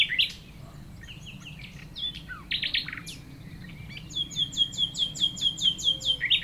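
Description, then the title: Common nightingale song with loud varied phrases, then a fast run of repeated down-slurred notes from about four seconds, with a low engine drone throughout. Several nightingales singing in Chindrieux, France; a rototiller running in the distance; recordist a few metres from the foreground singer. "195 Rue de Vars, Chindrieux, France - Rossignols"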